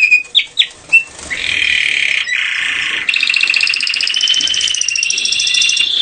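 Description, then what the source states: Canary singing, opening with a few separate whistled notes, then long rolling trills and buzzy warbling phrases that continue without a break. Female.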